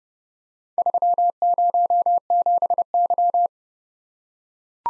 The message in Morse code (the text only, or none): 307Y